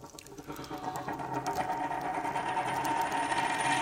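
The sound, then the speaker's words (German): A shiny Saxon gold coin, an Augustor stamped 1750, dropped on a table rings and rattles in a steady metallic whirr that grows louder over a few seconds before a final clatter. No voices. “War es vielleicht eine so schöne blanke Münze wie diese ihr, Monsieur Ries?”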